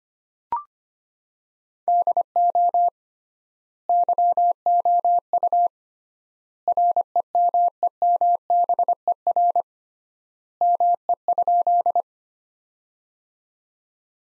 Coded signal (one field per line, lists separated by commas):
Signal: Morse code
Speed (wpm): 25 wpm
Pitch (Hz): 700 Hz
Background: none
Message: DO YOU REMEMBER ME?